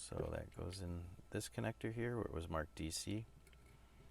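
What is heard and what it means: Someone talks while holding the small power plug of a Young Living Rainstone essential oil diffuser's power lead at the DC connector on its circuit board, reinstalling it after the fan was replaced. After the speech stops, two faint ticks come at about 3.5 s. The plug has not yet clicked into the connector.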